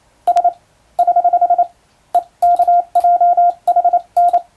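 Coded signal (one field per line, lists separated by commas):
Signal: Morse code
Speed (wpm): 28 wpm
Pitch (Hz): 700 Hz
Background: none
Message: S <HH> EKJHN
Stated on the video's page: Morse sending practice on a telegraph key, using a European-language telegram sending practice book.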